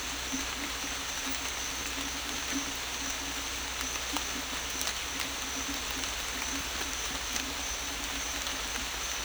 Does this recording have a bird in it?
no